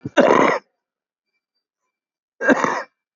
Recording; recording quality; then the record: shallow voluntary cough; moderate, slight background noise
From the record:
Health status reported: COVID-19 positive, mild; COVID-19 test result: positive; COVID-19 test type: RT-PCR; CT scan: not taken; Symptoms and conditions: cough, cold, breathing difficulty, fever, fatigue, muscle pain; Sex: male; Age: 80 years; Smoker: no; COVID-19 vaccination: none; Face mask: worn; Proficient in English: no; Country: India